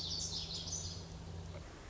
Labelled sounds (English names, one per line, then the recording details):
Pacific Wren
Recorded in Sonoma County, California